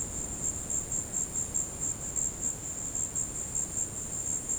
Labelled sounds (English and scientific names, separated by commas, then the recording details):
none
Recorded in dense forest near Puerto Asís, Putumayo, Colombia, on 20 February 2024 at 16:30
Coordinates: 0.486, -76.316
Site G6437